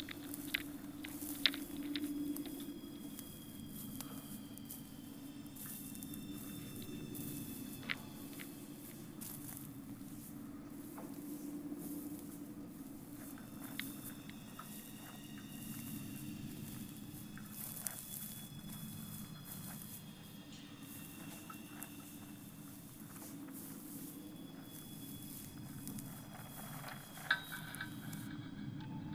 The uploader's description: some light moss-walking and the resonance of a metal railing